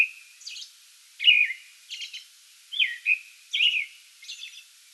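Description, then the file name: American robin song of rich, slurred carols interspersed with high, scratchy notes. Song bout recorded 8 May 2022. "2022-05-08 American Robin song bout"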